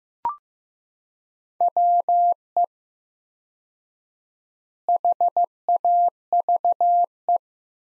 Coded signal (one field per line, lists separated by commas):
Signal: Morse code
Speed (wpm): 15 wpm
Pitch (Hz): 700 Hz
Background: none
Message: WE HAVE